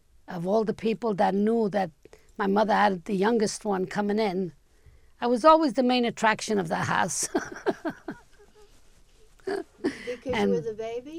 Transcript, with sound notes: of all the people that knew that my mother had the youngest one coming in. I was always the main attraction of the house. ( she laughs )
Because you were the baby?